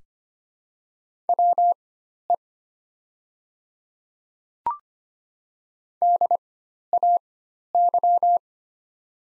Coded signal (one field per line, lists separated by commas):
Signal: Morse code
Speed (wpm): 25 wpm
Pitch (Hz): 700 Hz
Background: none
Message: WE DAY